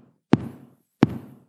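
Two evenly spaced knocks about 0.7 seconds apart, roughly 85 a minute, imitate heartbeats by knocking rather than a real heart. They demonstrate a normal sinus rhythm: an entirely regular, steady beat set by the heart's natural pacemaker, the sinus node.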